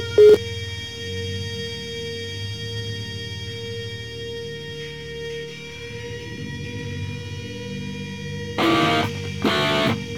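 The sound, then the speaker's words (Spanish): A mobile phone rings with a steady electronic tone, a brief blip at the start and two short, loud buzzing bursts near the end. No one speaks. “Estamos pesados con el puto móvil, me cago en Dios.”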